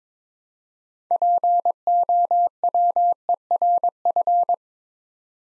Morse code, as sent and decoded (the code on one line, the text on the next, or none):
.--. --- .-- . .-. ..-.
POWERF